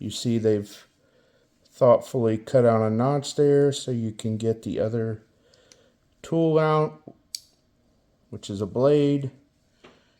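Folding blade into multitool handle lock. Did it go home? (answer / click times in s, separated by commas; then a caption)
yes / 7.4 s. Someone talks while pulling a stainless steel blade out of an aluminum-handled multitool, using a notch cut in the handle to reach it. A single sharp click at 7.4 seconds marks the folding blade locking open into the handle lock, and it stays locked in place.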